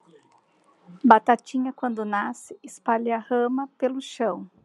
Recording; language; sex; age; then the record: short text; Brazilian Portuguese; female; 30 to 39 years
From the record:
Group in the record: control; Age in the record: 35 years